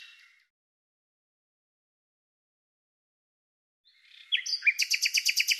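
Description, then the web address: Bird song: a faint trailing chirp at the start, a long silence, then a loud rapid series of high repeated notes with short whistled tones. "Deverinetal 2025"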